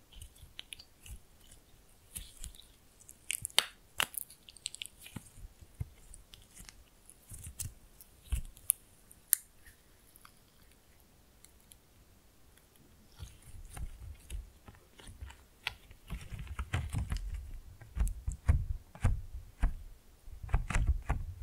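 Slime being played with: wet squishes, sticky pops and short clicky snaps come in irregular bursts throughout. The first half is sparser with sharp bright crackles; after about 13 seconds the handling turns busier, with denser low squelching and more frequent pops.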